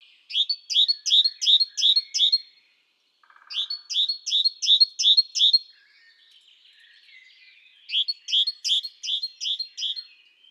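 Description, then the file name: Great tit giving three quick runs of bright, high, evenly spaced chirps, each run lasting about two seconds, separated by brief pauses and faint twitters. "Parus major"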